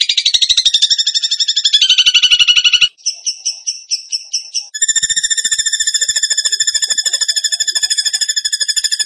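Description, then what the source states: Bird song: rapid high trills shifting in pitch, a short burst of separate chirps, then a long, steady, ringing trill of fast repeated notes. Masteran (training recording) in the tembakan gacor song style.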